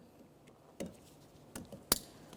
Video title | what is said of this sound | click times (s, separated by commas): How to Replace Rear Power Window Motor & Regulator Assemblies 2012-2018 Nissan Altima | listen for a click from that we'll give it a nice tug to make sure it's properly secured | 1.9 s